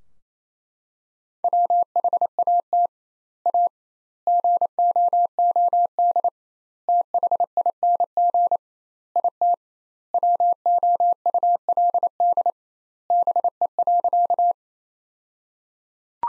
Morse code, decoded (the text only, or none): WHAT A GOOD THING IT WOULD BE.